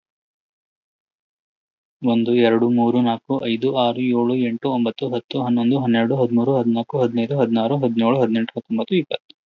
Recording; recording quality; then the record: counting at a fast pace; excellent, no background noise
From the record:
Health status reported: healthy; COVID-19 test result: negative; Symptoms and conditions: none ticked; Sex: male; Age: 30 years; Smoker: not ticked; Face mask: worn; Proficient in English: yes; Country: United States